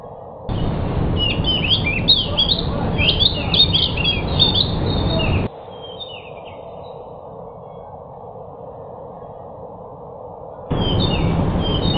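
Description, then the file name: Pied bush chat singing a five-second stretch of bright, chattering warbled notes amid steady hiss, followed by quiet, and the song resuming briefly at the end. Decu described as 'sudah jadi', meaning a finished, fully trained singer. "suara burung decu sudah jadi. omkicau"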